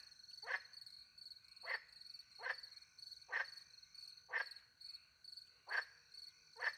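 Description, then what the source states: Frog repeating a brief grating croak seven times, about once a second, over a bed of high, even cricket trills. Recorded by night in the French countryside beside a little pond, with crickets; microphones hidden in a tree near the pond; two Usi Pro microphones into a MixPre-10 II recorder.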